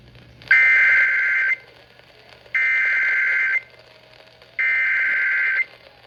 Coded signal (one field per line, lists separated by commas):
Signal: Emergency Alert System (SAME) tones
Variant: header bursts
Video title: WJWJ CHS FFW | EAS #148